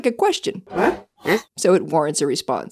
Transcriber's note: more international huhs